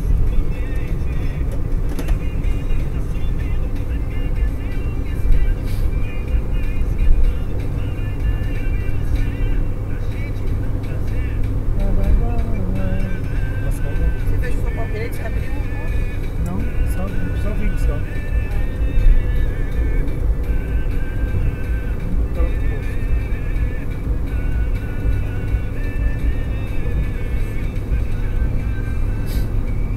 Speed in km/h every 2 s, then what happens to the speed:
99, 100, 101, 102, 102, 101, 98, 98, 97, 98, 99, 100, 101, 103, 104.
0-30 steady at about 100.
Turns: none.